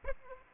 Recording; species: mosquito wingbeat signal from an infrared sensor; Aedes aegypti